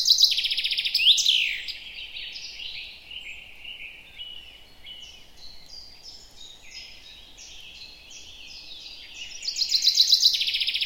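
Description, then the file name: Common chaffinch song: a quick descending trill with a closing flourish, soft chatter of other birds, then a second trill near the end. "Fringilla coelebs"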